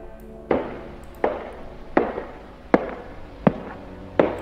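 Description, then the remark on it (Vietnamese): Slow footsteps on a wooden hallway floor outside a door: six hard, evenly paced heel strikes, each a clear knock with a short echoing tail, and no voices. “Tiếng bước chân nghe vang vọng ở ngoài hành lang trên sàn gỗ.”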